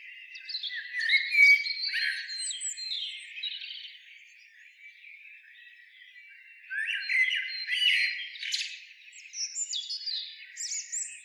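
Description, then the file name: Eurasian blackbird producing squeaky, twittering warbles, a first outburst then a quieter spell before another run of high, scratchy notes. "Turdus merula"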